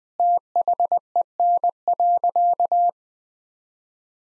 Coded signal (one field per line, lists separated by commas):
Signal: Morse code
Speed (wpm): 20 wpm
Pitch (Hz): 700 Hz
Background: none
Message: THEN.